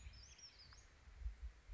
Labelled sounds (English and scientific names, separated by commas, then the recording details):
Western Flycatcher (Empidonax difficilis)
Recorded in Sonoma County, California